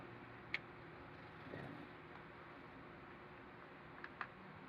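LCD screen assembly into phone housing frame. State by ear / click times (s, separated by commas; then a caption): seated / 0.5 s, 4.0 s, 4.2 s. A new LCD screen assembly is pressed by hand into the plastic frame of a vivo Y11 phone, top edge first, over a steady background hiss. Sharp clicks sound at 0.5 s, 4.0 s and 4.2 s, with a brief soft rustle around 1.6 s. The screen edge snaps into the frame and is seated.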